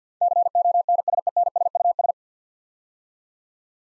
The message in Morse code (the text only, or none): CONSENSUS